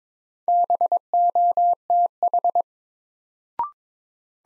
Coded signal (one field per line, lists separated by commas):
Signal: Morse code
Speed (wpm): 22 wpm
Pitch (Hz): 700 Hz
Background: none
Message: BOTH